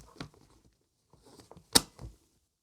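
The zip-pull case clips of an Eastpak Transit'R Rolling Holdall are pushed back into its combination lock to fix a newly set code. A snap at 0.2 s and a much louder, sharp snap at 1.8 s stand out among faint rustling and small knocks. The clips seat back into the lock.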